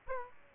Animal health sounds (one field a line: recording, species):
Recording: mosquito wingbeat signal from an infrared sensor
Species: Aedes aegypti